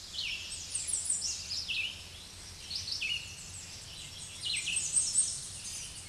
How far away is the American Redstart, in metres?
about 25 m